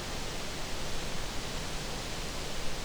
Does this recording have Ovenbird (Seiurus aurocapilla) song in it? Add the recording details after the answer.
no. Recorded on 23 June 2016 at 08:32. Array SBT-6-76